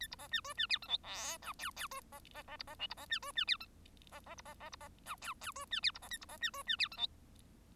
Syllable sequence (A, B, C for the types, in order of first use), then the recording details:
A B C D E D F G H I J K K E C C C B C L B C D E D F G C C B C C B C J K K E D F B C A B C D E D F G H. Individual Bird1